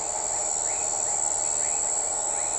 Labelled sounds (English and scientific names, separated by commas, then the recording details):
none
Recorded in shrubland near Pivijay, Magdalena, Colombia, on 13 April 2023 at 02:00
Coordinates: 10.453, -74.365
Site P5-G022